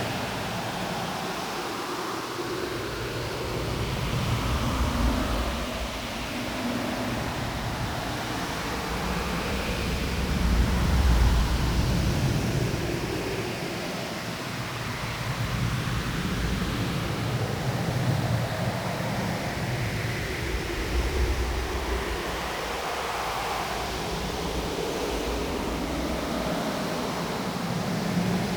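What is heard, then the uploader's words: Wind roars steadily across the whole range, thick and unbroken, with low gusty swells rising around eleven and twenty seconds and easing again. Warm But Windy Planet.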